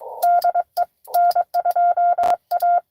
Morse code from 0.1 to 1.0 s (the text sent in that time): DE